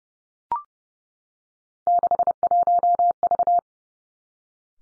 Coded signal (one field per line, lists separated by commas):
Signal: Morse code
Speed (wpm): 30 wpm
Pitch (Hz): 700 Hz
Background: none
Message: 61V